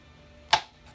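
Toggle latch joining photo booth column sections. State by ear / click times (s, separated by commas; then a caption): seated / 0.5 s. A toggle latch joining the column sections of a Max Curve DSLR photo booth is pushed closed and snaps home at 0.5 s with a single sharp, bright click over low background hum. The latch is seated nice and snug.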